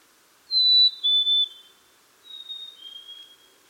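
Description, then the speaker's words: Black-capped Chickadee singing: a pure whistled fee-bee, the second note lower, followed by a fainter fee-bee. Phoebe song, used to attract mates or advertise the edge of a territory; several chickadees singing on a spring day in Minnesota. "Here are some chickadees singing the Phoebe song on a spring day in Minnesota."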